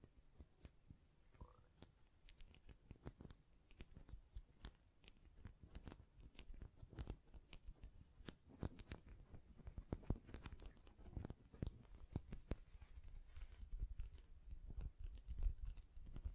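Hand sounds against a microphone: quick, irregular taps and clicks scattered densely throughout, with soft brushing and scratching filling the gaps. The clicks are sharp and bright, while a low rumble from the handling swells and grows busier after about ten seconds.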